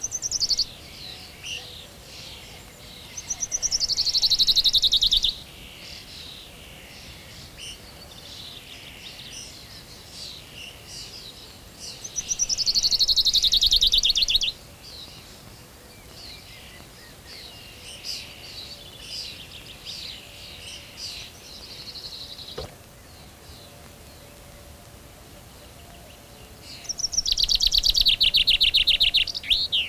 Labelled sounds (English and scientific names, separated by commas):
Common Chaffinch (Fringilla coelebs) song